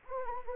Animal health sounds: mosquito wingbeat signal from an infrared sensor; Anopheles gambiae

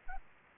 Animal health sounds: mosquito wingbeat signal from an infrared sensor; Anopheles arabiensis

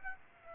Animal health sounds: mosquito wingbeat signal from an infrared sensor; Aedes aegypti

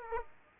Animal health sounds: mosquito wingbeat signal from an infrared sensor; Aedes aegypti

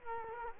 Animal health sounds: mosquito wingbeat signal from an infrared sensor; Culex quinquefasciatus

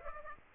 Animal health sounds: mosquito wingbeat signal from an infrared sensor; Aedes aegypti

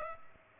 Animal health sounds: mosquito wingbeat signal from an infrared sensor; Culex pipiens

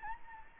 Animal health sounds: mosquito wingbeat signal from an infrared sensor; Anopheles gambiae

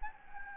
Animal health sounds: mosquito wingbeat signal from an infrared sensor; Anopheles gambiae

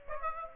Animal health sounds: mosquito wingbeat signal from an infrared sensor; Aedes aegypti

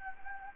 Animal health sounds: mosquito wingbeat signal from an infrared sensor; Anopheles gambiae

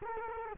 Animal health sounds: mosquito wingbeat signal from an infrared sensor; Culex quinquefasciatus

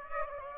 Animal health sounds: mosquito wingbeat signal from an infrared sensor; Aedes aegypti

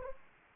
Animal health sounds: mosquito wingbeat signal from an infrared sensor; Anopheles arabiensis

